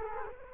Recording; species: mosquito wingbeat signal from an infrared sensor; Culex quinquefasciatus